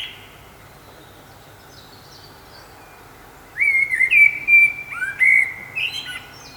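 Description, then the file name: Common blackbird song: a pause, then from about midway a run of low fluted whistles broken by squeaky high notes. "Turdus merula"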